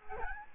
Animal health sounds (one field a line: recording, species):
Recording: mosquito wingbeat signal from an infrared sensor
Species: Aedes albopictus